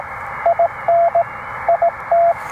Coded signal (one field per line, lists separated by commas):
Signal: Morse code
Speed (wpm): 19 wpm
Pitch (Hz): 700 Hz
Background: radio noise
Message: IN IT